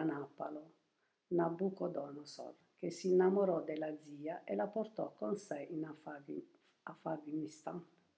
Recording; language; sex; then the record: read passage; Italian; female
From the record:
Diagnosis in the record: healthy control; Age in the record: 72 years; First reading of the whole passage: 67 s, 7.5 characters per second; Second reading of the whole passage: 67 s, 7.5 characters per second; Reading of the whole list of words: 68 s, 4.2 characters per second